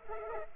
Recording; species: mosquito wingbeat signal from an infrared sensor; Culex pipiens